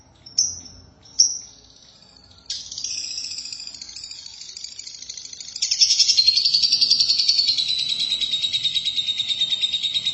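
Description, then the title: Lovebird song, two short sharp chirps, then building high-pitched chattering that becomes a fast, rhythmic stream of squeaky notes. "BM Suara Burung Lovebird"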